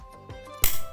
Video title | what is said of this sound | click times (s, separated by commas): Cara Upgrade Ram Acer Aspire 5 A514-53 Magical Colour -- KINGSTON | Nah sudah ya Nah kalau sudah bunyi klik seperti ini maka | 0.6 s